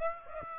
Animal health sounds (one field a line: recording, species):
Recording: mosquito wingbeat signal from an infrared sensor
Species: Aedes aegypti